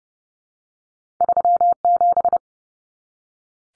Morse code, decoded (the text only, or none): 37